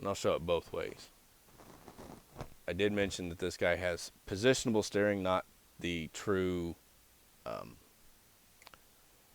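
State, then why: Seated. Someone talks while the front wheels of a 1:64 scale die-cast metal and plastic First Gear Peterbilt 352 COE truck model with a Mac half round dump trailer are turned by hand. After the talking stops, small quick clicks at 8.6, 8.7 and 8.7 seconds mark the positionable steering clicking into its detent position.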